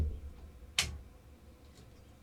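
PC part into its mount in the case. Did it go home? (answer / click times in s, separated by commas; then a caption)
yes / 0.8 s. During a 2025 PC build, a PC part is pressed into its mount in the case after a long stretch of fitting, with only faint low rumble beforehand. A single loud, sharp snap rings out at 0.8 s as the part locks into place, then fades into quiet. The part is seated.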